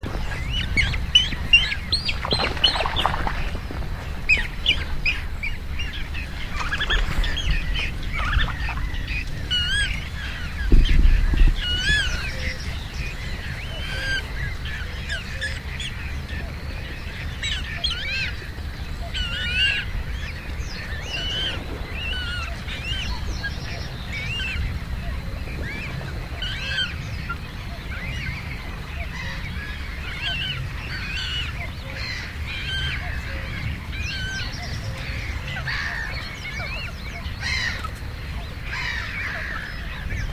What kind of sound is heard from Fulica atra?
call